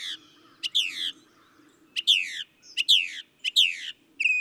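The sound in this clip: Northern mockingbird: songbird phrases of harsh, descending squawky notes repeated several times, with a faint low hum underneath.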